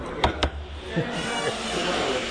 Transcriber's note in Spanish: risas